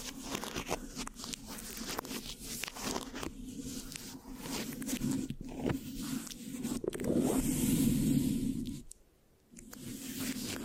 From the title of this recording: Mic Scratching, Sticky, Brain Massage Triggers (No Talking)